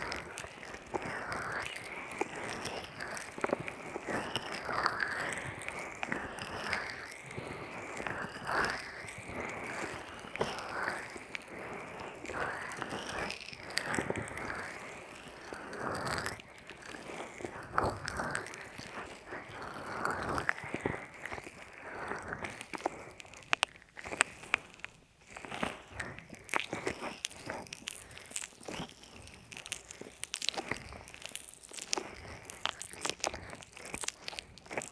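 An ear massage with oil and lotion, made of steady rubbing and squishing with a dense, crackly, wet texture throughout. After about twenty seconds the sound turns sparser and choppier, with sharper sticky snaps and crinkles, like a peeling pack being pulled away.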